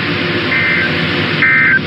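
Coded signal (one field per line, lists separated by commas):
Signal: Emergency Alert System (SAME) tones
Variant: end-of-message bursts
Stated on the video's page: Monthly tests and a NOAA Weather Radio weekly test.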